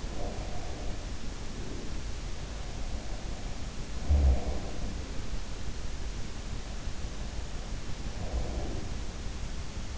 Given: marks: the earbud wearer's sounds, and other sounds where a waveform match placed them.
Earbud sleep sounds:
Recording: sounds in sleep by an in-ear microphone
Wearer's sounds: breath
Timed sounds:
0.00-2.03 s: breath
4.04-5.52 s: sound from someone else or the room
7.82-9.40 s: sound from someone else or the room

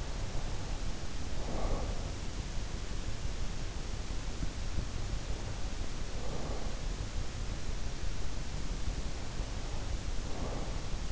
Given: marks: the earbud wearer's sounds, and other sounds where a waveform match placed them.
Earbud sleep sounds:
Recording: sounds in sleep by an in-ear microphone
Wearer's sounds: breath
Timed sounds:
0.00-2.45 s: breath
5.14-6.93 s: breath
10.00-11.12 s: breath

